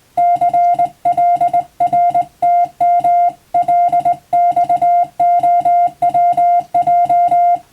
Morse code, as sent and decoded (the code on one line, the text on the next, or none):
-.-. .-.. .-. - -- .-.. -..- --- .-- .---
CLRTMLXOWJ